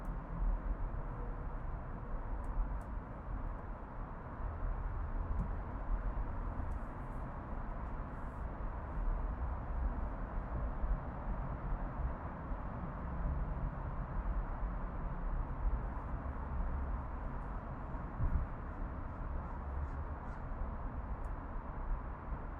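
Outdoor ambience in an urban backyard in Oakland, California: a steady, dense low rumble of traffic runs throughout with little change in level. Faint brief ticks and clicks appear now and then, and a slightly louder bump comes near eighteen seconds.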